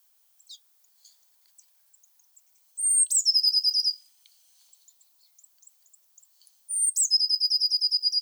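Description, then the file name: Eurasian blue tit call: a high thin note falling into a rapid trill, repeated twice, with soft scattered ticks before and between. "Cyanistes caeruleus"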